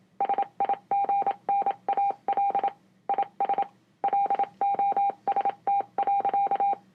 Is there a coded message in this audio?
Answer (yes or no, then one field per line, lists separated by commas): yes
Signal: Morse code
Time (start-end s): 0.2-6.7 s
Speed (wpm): 27 wpm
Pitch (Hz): 800 Hz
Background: none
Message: SIGNAL IS LOST.